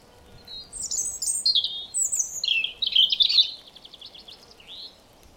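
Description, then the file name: European robin singing a long, rapid phrase of high thin whistles, fluttering trills and sliding notes that gradually fades toward the end. "Erithacus rubecula"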